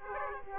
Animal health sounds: mosquito wingbeat signal from an infrared sensor; Aedes aegypti

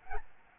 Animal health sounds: mosquito wingbeat signal from an infrared sensor; Aedes albopictus

